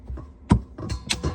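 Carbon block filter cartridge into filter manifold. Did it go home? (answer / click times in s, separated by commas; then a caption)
yes / 1.1 s. A carbon block filter cartridge for a Watts UF3 ultra filtration system is pushed up into its filter manifold. Short knocks and scraping lead to a sharp, bright click at 1.1 s as the cartridge seats and sits flush.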